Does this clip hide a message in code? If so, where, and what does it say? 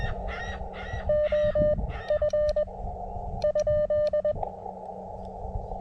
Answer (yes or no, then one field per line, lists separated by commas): yes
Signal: Morse code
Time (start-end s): 1.1-4.3 s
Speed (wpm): 20 wpm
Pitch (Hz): 600 Hz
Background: none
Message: OF ?